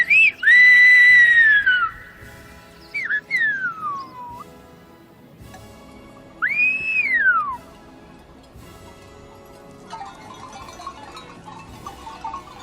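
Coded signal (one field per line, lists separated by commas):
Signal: whistled language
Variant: Silbo Gomero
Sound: three loud gliding whistled phrases with rising and falling pitch, then quiet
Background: faint background hum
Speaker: Pero una palabra silbada puede oírse hasta una distancia de 1,5 km o 2 kilómetros.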